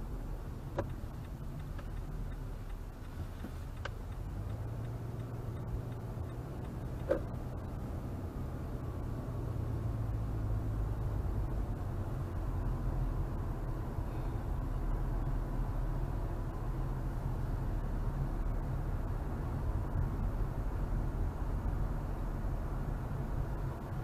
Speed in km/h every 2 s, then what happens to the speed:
19, 10, 15, 18, 24, 31, 39, 40, 40, 47, 48, 47.
0-2 brakes to 10. 3-12 speeds up to 39. 16-19 speeds up to 48.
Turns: 0-8.